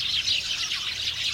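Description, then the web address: House sparrows in a brief burst of dense, overlapping chirping from several birds at once. A flock of house sparrows chirping briskly in cherry bushes. "house sparrows flock passer domesticus briskly chirping in the cherry bushes"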